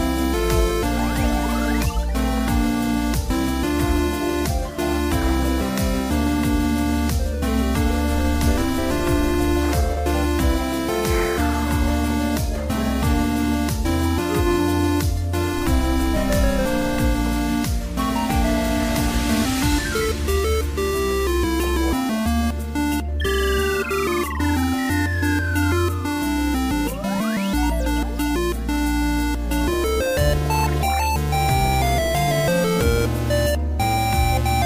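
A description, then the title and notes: 8-bit music plays continuously at a steady, full level, with a thumping low bass line and a busy, bright chip melody over a fast, regular beat. Quick pitch sweeps slide downward around eleven seconds and again near twenty-four seconds, and short sharp clicks punctuate the pattern throughout. Game sound effects. 8-bit music.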